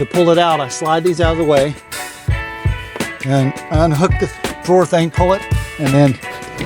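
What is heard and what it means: Someone talks over background music while sliding parts out of the way, unhooking the drawer and pulling the convertible bench out on the locking drawer slide of a minivan bench-to-bed frame. The locking drawer slide has not yet snapped into place, and nothing has seated or clicked yet.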